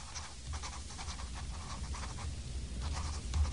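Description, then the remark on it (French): A pen scratches steadily across paper in short, uneven strokes, a soft continuous rasp with little pauses between marks. No one speaks. “Question, il écrit avec un stylo, oui ? Oui, il écrit avec un stylo. Il écrit sur le papier.”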